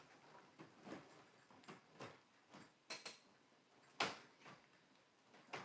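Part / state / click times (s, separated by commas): plastic brick assembly into LEGO model / not seated / none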